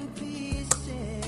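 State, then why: Seated. A handheld brad-making press is squeezed fully closed with the paper-filled rubber holder sitting over the metal brad insert, as music plays in the background. A sharp little click at 0.7 s signals that the pieces have seated and the press was done right, followed by a fainter tick around 1.2 s.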